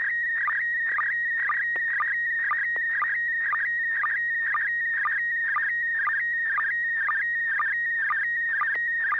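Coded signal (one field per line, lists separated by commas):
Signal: SSTV (slow-scan television)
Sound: steady high whistle broken twice a second by warbling chirps and low sync blips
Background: low hum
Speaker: This net serves for training and practice in image transmission modes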